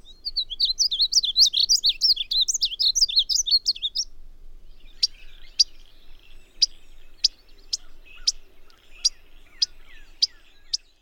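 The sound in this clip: Painted Bunting song: a quick, high, jumbled warble lasting about four seconds, followed by a series of sharp, sparse chip notes.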